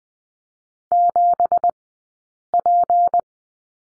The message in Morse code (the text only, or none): 7P